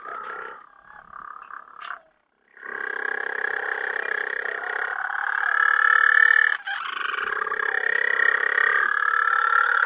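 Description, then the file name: Little penguin giving rough, braying calls, a brief pause then a long continuous bout of harsh nasal braying that swells in strength. St Kilda Breakwater, recorded 21 November 2009. "20091121 Little Penguin calls at St Kilda Breakwater"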